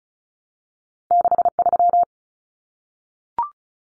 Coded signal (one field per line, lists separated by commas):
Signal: Morse code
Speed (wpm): 34 wpm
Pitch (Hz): 700 Hz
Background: none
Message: 63